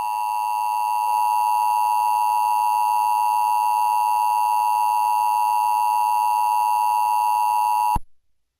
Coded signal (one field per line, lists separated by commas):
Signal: Emergency Alert System (SAME) tones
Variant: 853 and 960 Hz attention tone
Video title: EAS #3 Pds tornado warning (didn’t really happen to Springfield it was just an idea )￼